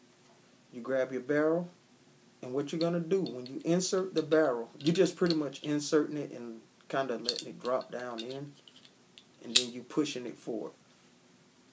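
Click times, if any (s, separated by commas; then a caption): 9.2 s. A Springfield Hellcat pistol barrel is inserted into the slide, dropped down into place and pushed forward while someone talks. A faint tap is heard at 8.8 s, then a sharp click at 9.2 s as the barrel seats in the slide.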